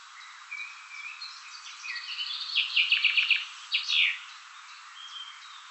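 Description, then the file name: Common chaffinch song: a trill of repeated notes finishing with a loud end flourish, with quiet whistles before and after. "Fringilla coelebs"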